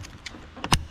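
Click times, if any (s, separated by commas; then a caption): 0.7 s. While reinstalling the mass airflow sensor on an Audi RS4, an electrical connector is pushed onto it. A few faint ticks and a louder tap just before are followed by one sharp, loud click at 0.7 s as the connector snaps into place and seats.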